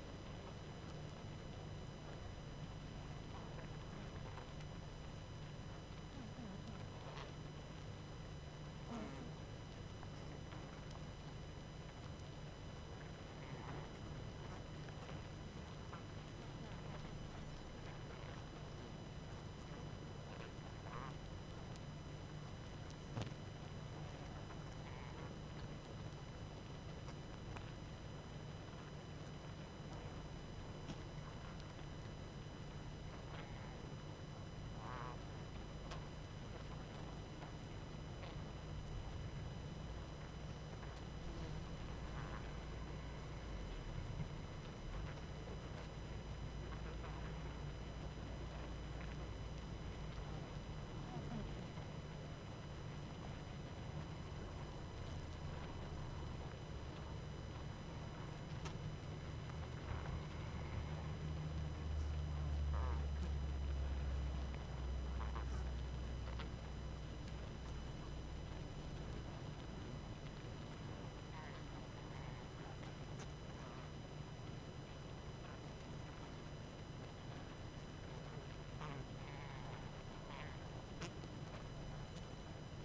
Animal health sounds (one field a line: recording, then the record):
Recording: honeybee colony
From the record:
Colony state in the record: active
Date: 12 June 2018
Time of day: 20:47